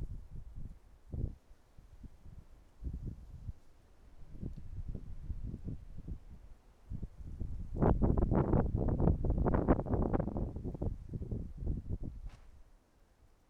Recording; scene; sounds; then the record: everyday scene through a hearing-aid microphone; wind on the microphone; wind, traffic, birds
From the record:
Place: suburban garden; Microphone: behind the ear, right, front